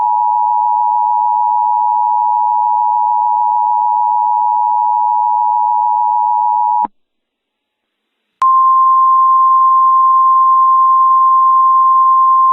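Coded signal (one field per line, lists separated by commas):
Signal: Emergency Alert System (SAME) tones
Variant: 853 and 960 Hz attention tone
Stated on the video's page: Mock EAS scenario using valid EAS tones, a Halloween fictional scenario with music.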